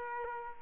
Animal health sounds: mosquito wingbeat signal from an infrared sensor; Aedes aegypti

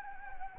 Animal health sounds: mosquito wingbeat signal from an infrared sensor; Anopheles gambiae

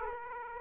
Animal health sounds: mosquito wingbeat signal from an infrared sensor; Aedes aegypti

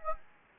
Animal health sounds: mosquito wingbeat signal from an infrared sensor; Anopheles gambiae

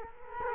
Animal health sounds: mosquito wingbeat signal from an infrared sensor; Culex quinquefasciatus

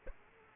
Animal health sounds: mosquito wingbeat signal from an infrared sensor; Aedes aegypti

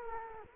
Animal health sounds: mosquito wingbeat signal from an infrared sensor; Culex quinquefasciatus

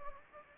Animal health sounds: mosquito wingbeat signal from an infrared sensor; Anopheles gambiae

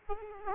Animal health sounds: mosquito wingbeat signal from an infrared sensor; Aedes aegypti

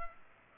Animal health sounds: mosquito wingbeat signal from an infrared sensor; Culex pipiens

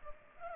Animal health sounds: mosquito wingbeat signal from an infrared sensor; Culex pipiens

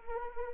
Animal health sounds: mosquito wingbeat signal from an infrared sensor; Anopheles arabiensis

